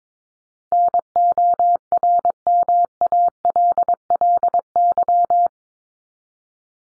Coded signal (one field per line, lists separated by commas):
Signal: Morse code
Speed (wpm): 22 wpm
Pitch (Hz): 700 Hz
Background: none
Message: NORMALLY